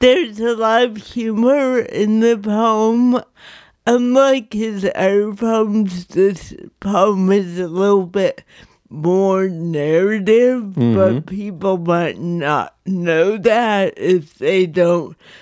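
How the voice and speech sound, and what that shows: An adult woman with cerebral palsy speaks in a steady, fully voiced stream with short pauses, drawing out word endings and blurring some consonants, as in "lot of" running together. This is mild dysarthric speech linked to cerebral palsy.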